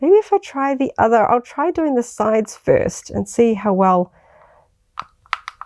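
Someone talks, then a plastic attachment piece is pressed by its side attachment points first onto the attachment points of an accessory for a 6-inch action figure, giving a few short, sharp plastic taps between about 5.0 and 5.6 seconds. Nothing has seated or clicked yet: the piece fails to snap flush, with no loud snap into place, because it needs to go in at the front first.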